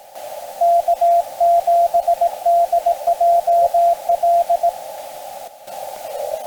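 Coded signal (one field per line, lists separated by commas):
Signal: Morse code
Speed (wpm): 18 wpm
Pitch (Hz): 690 Hz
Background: radio noise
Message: K7DJL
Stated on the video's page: Morse heard during a summit activation of a peak.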